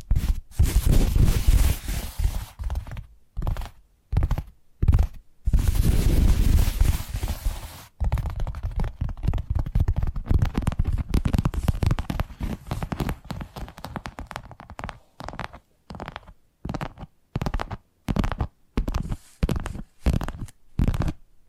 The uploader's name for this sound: Addictive Tapping Triggers